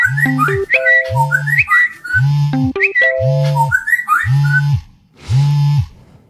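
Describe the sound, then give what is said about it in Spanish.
Loud, repeated mobile phone alert tones sound in a bar in six quick bursts, each a bird-like chirping jingle over a steady low buzz, like phone notifications going off one after another. No one speaks. “Se crea un silencio sepulcral, solo roto por el monótono sonido de los avisos del móvil, cual pajarería posmoderna.”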